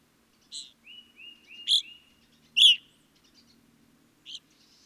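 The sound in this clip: Evening grosbeak giving a few strident chirping calls with a quiet string of soft, slurred notes among them; a fainter call ends the passage.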